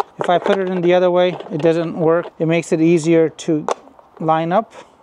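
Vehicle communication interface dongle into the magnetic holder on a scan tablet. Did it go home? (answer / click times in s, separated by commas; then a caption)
no / none. A vehicle communication interface dongle is handled at the magnetic holder on the back of a Kingbolen K8 Pro scan tablet, a holder that accepts it only one way. Someone talks throughout the clip. Nothing has seated or snapped into place yet.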